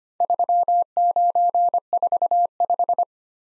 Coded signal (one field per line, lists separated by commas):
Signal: Morse code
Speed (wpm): 28 wpm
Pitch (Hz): 700 Hz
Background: none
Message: 3945